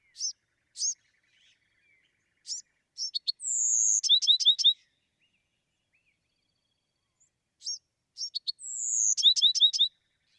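Bewick's wren song: a few spaced high notes, then a descending whistle and a crisp burst of quick notes, the same phrase heard twice.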